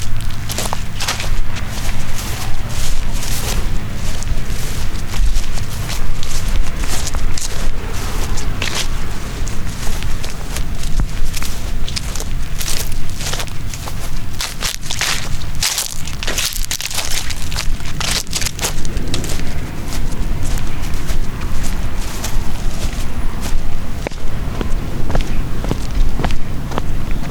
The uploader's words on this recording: Walking in Golden Gate Park. Lots of footsteps in grass, gravel, and on pavement.